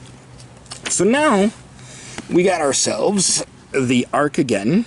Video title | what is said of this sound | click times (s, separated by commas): UNBOXING???? | it's spring-loaded this comes up you hear it click and that's it right there | 0.7 s